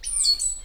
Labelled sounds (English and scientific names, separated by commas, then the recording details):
Stitchbird (Notiomystis cincta) song
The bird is a male
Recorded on Tiritiri Matangi Island, New Zealand, in 2005
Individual 10, of nest box 12